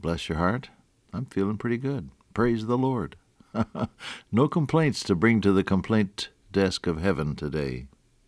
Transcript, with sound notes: Bless your heart. I am feeling pretty good. Praise the Lord. (Laughs) No complaints to bring to the complaint desk of heaven today.